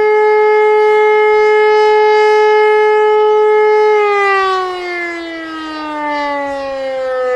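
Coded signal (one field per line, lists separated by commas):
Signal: siren signal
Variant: E57 mechanical siren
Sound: loud steady mechanical siren wail with rich harmonics, then pitch slowly winding down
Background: outdoor ambience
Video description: Monatliche Sirenenprobe aller Sirenen der Stadt Niederkassel am 2. Samstag im Monat um 11.15 Uhr.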